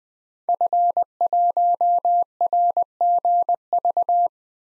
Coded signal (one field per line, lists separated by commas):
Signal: Morse code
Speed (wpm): 20 wpm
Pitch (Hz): 700 Hz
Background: none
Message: F1RGV